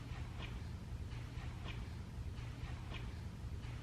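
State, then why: Not seated. The O-ring on a male quick-connect fuel coupling is lubed, and the male half is lined up with the female coupling before they are pushed together. A steady low rumble and broadband hiss fill the clip, with faint soft bursts near 2–3 kHz about every 0.6 seconds. Nothing has clicked or seated yet.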